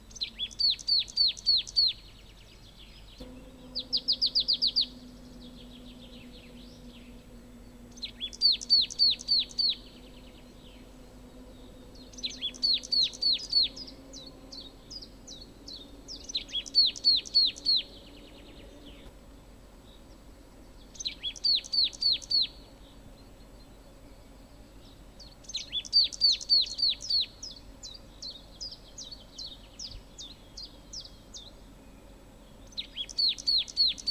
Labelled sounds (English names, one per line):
Marsh Tit